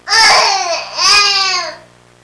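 Two loud, high-pitched cry bursts from a baby, each under a second, with a brief catch of breath between them and a slightly falling pitch. Typical infant crying with a faint steady hum in the background.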